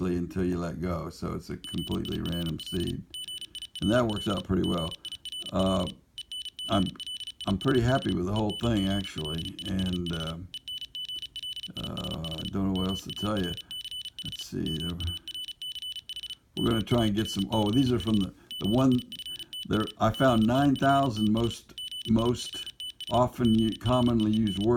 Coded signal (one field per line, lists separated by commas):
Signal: Morse code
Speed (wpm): 34 wpm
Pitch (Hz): 3000 Hz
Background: speech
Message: GIRL GIRL GIRL ENGLISH ENGLISH ENGLISH MARCH MARCH MARCH GIFTS GIFTS GIFTS GREEN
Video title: Morse Code Regurgitator